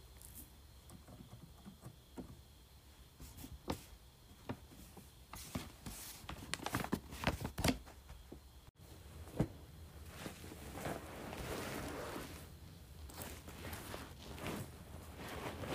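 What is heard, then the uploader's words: Items being moved around make irregular knocks, taps and clatters, busiest in the middle, then a softer rustling shuffle after a brief break. ASMR Moving Various Items Around.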